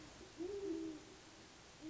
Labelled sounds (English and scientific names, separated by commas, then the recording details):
Great Horned Owl (Bubo virginianus)
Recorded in Sonoma County, California